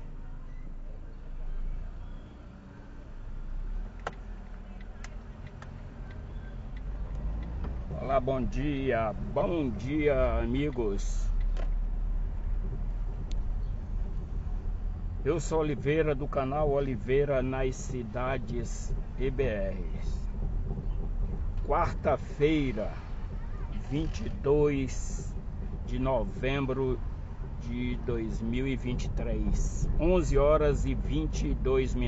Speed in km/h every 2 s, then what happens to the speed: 0, 5, 7, 9, 13, 14, 16, 15, 15, 16, 16, 16, 16, 18, 20, 20.
0-11 pulls away to 16. 11-32 steady at about 16.